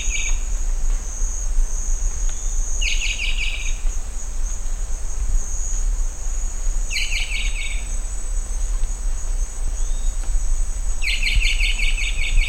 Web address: sound Rondônia-bushbird